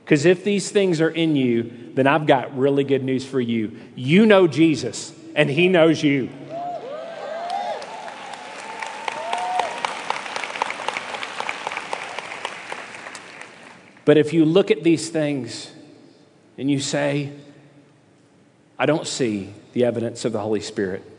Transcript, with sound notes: Because if these things are in you, then I’ve got really good news for you. You know Jesus, and He knows you! (applause) But, if you look at these things and you say, “I don’t see the evidence of the Holy Spirit;